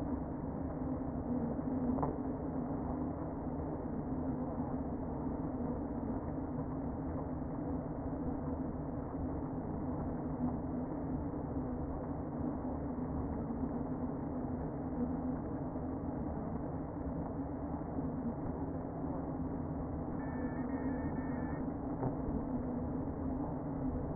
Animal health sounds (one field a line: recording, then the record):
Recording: honeybee colony, microphone inside the hive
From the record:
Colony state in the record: queen present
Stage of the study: before two queens were removed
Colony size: about 60,000 bees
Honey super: yes